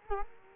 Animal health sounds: mosquito wingbeat signal from an infrared sensor; Culex quinquefasciatus

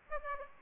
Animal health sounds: mosquito wingbeat signal from an infrared sensor; Aedes aegypti

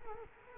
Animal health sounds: mosquito wingbeat signal from an infrared sensor; Culex quinquefasciatus

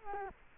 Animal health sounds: mosquito wingbeat signal from an infrared sensor; Culex quinquefasciatus

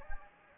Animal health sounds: mosquito wingbeat signal from an infrared sensor; Anopheles gambiae

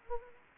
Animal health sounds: mosquito wingbeat signal from an infrared sensor; Anopheles gambiae

